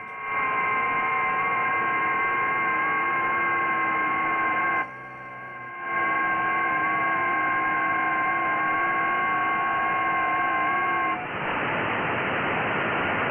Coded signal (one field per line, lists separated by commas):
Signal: FT8